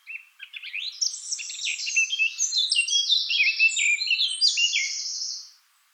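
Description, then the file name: Eurasian blackcap song, a continuous five-second phrase of fast, varied warbled and chattering notes, ending abruptly. "Sylvia atricapilla"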